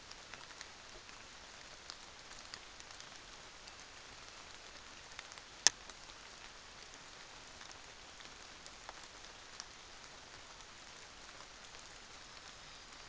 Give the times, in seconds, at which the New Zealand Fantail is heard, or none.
none